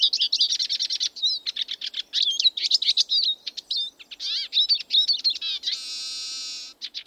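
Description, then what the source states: Eurasian siskin song: a fast, twittering jumble of chirps and trills that ends in a long, drawn-out buzzy wheeze. Male song in the Border Forest, given perched or in song flight; diagnostic wheeze near the end of each phrase; song-flight phrases generally shorter and less complex.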